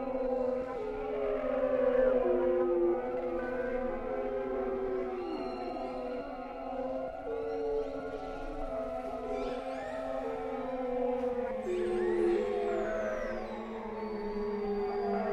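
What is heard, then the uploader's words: Whale calls drift in long sustained tones and slow sliding moans, layered over a steady low hiss that continues throughout without pause. WHALE SOUNDS, WHITE NOISES. WHALE SOUNDS WITHOUT MUSIC.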